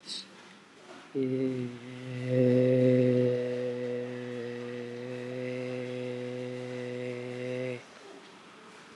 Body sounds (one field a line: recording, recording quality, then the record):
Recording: sustained vowel as in made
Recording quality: excellent, no background noise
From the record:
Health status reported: COVID-19 positive, moderate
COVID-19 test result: positive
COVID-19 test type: RT-PCR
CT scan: not taken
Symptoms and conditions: cough, cold, loss of smell and taste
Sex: male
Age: 28 years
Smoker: no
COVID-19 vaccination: none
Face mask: not worn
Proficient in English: yes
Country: India